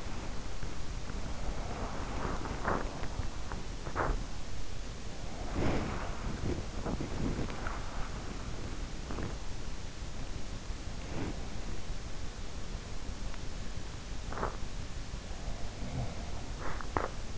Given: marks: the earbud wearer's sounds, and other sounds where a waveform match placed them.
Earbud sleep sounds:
sounds in sleep by an in-ear microphone; body movement
0.00-17.38 s: body movement

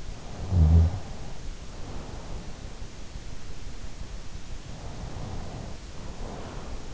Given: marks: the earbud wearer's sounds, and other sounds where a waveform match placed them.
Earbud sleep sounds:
sounds in sleep by an in-ear microphone; snoring breath, breath
0.17-2.81 s: snoring breath
4.78-6.94 s: breath

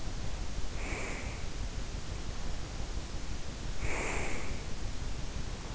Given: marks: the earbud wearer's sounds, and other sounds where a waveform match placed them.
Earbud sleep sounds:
sounds in sleep by an in-ear microphone; breath
0.54-1.51 s: breath
3.36-4.89 s: breath

